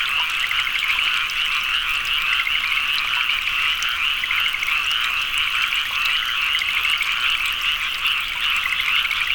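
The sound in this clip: Chorus of frogs with fast pulsed croaks over a continuous high trilling background from many overlapping callers.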